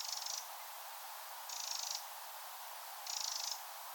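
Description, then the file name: Eurasian wren calling: three brief, dry, buzzy rattles of rapid ticks, about one every one and a half seconds, over a hissy background. "Troglodytes troglodytes"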